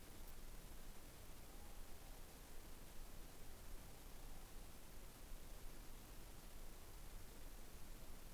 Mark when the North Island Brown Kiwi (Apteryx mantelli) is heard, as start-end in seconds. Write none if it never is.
none